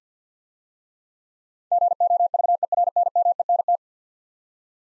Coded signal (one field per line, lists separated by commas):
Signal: Morse code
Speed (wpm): 52 wpm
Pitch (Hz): 700 Hz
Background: none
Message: GOVERNMENT